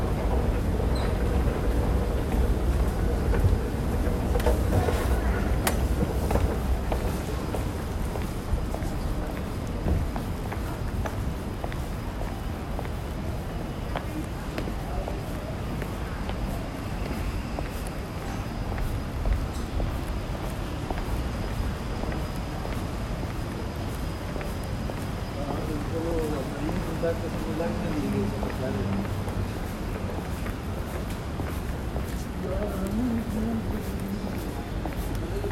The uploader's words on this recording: This is how it sounds when walking on Bonham Road, High Street, Hong Kong on a rather windy day.